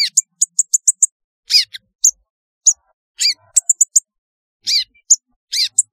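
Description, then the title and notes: Sunbird calls: very high, thin chirps, some in quick pairs and triplets, mixed with a few harsher, broader squeaks spaced throughout. "Kicau Burung Kolibri"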